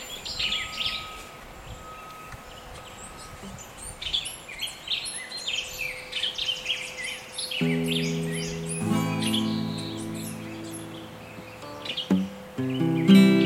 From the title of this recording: Forest Recording